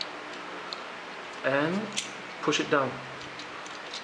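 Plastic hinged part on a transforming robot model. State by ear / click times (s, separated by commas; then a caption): seated / 0.0 s, 0.7 s. A hinged plastic part on a transforming robot model is tilted and pulled up until it clicks into place, with sharp clicks at 0.0 s and 0.7 s. Afterward, someone talks. The joint is seated in position.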